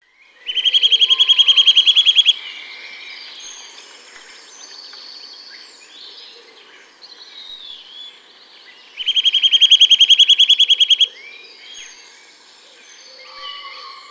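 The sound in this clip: Birds calling: a loud, rapid, even trill lasting about two seconds, heard twice, with softer whistles and chirps throughout.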